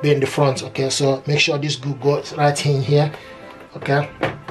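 A toner cartridge is being fitted into an HP LaserJet laser printer, with its rear hooks going in first before the front is pressed down, while someone talks throughout. Nothing has seated or clicked yet; the cartridge is still being handled and is not yet home.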